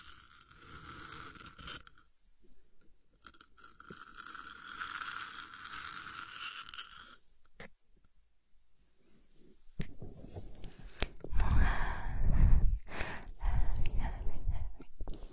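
Scratching at the ear, with no voice, heard as soft rasping strokes in the first half, one around 0–2 seconds and another from about 3 to 7. After a quiet stretch, louder, denser crunching and scraping bursts arrive from about 10 seconds, peaking near 12.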